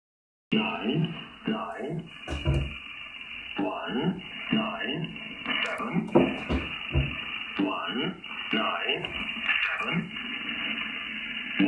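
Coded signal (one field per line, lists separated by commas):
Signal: numbers station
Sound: a voice over shortwave radio reading short words, with similar words repeating every few seconds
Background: radio static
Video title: Cross Country Wireless SDR receives Numbers Station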